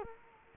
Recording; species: mosquito wingbeat signal from an infrared sensor; Culex quinquefasciatus